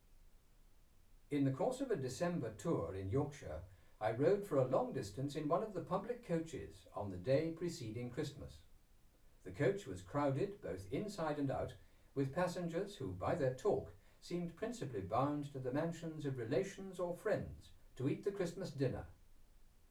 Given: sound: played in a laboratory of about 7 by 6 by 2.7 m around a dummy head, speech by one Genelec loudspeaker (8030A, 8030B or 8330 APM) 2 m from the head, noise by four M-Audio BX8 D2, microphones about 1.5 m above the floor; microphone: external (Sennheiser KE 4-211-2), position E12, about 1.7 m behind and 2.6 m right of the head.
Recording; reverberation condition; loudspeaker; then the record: male speech in English; low; 120 degrees to the left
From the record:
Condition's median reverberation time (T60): about 310 ms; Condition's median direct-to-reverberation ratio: about 3.5 dB